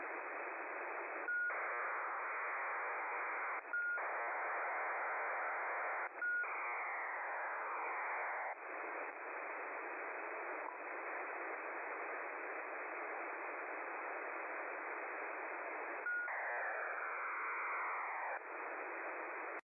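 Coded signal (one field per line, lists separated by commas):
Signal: HF data modem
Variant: HFDL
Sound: repeated bursts of harsh wideband hiss, each starting with a short steady tone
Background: radio static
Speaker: basically it just stands for high frequency data link which is a communication mode a digital communication mode between ground and Air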